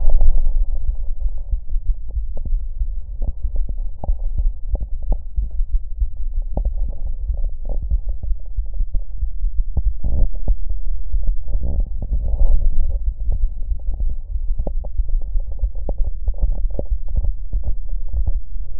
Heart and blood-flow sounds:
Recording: heart sounds by stethoscope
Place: tricuspid valve (TV)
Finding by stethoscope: normal heart sounds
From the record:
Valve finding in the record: normal valve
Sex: male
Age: 48 years

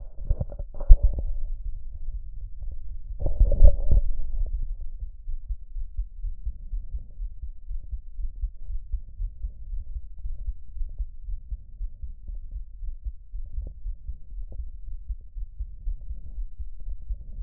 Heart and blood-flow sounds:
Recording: heart sounds by stethoscope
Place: aortic valve (AV)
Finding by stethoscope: normal heart sounds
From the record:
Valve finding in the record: normal valve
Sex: male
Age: 40 years

